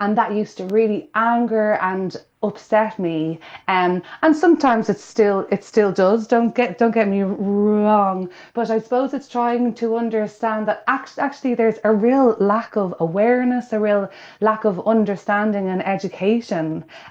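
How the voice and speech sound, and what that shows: An adult woman speaks in a steady mid-pitched voice with repeated phrases ('it still, it still', 'don't get, don't get'), a part-word repetition ('act- actually'), a stretched initial sound and brief pauses. These disfluencies are typical of adult stammering.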